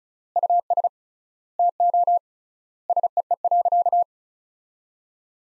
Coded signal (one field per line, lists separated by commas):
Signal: Morse code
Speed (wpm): 34 wpm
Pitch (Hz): 700 Hz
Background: none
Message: US TO SEE.